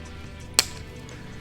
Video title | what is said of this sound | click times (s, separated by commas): 4Runner Sequential Smoked Turn Signal | it in you'll hear it click just like that | 0.6 s